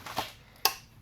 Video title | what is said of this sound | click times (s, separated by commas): 2007-2017 Jeep Compass 4WD Clutch Starter replacement 2.4L | stick it in the hole should just snap right in | 0.7 s